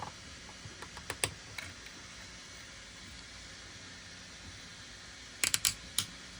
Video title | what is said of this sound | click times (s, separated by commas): ED-209 ROBOCOP - 3-D Print Custom! #3dprinting #custom #howto #walkthrough #tutorial | that's a refreshing, satisfying click sound right there. | 5.5 s, 5.7 s, 6.0 s